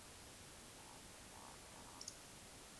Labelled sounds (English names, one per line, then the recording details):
Eurasian Woodcock whistle
Eurasian Woodcock croak
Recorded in Baden-Württemberg, Germany, on 20 May 2021 at 19:54 UTC
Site 24606, 635 m above sea level